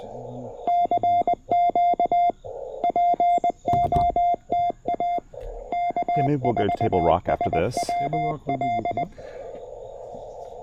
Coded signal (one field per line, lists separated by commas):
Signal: Morse code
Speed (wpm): 20 wpm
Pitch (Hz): 700 Hz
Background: speech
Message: CQ POTA K4SWL